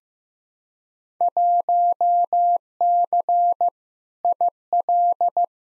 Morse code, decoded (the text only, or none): 1C IL